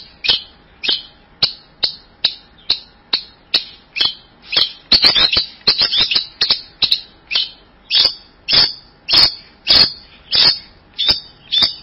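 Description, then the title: Bird repeating crisp high chirps at a steady pace, with a brief faster flurry midway. "burung online"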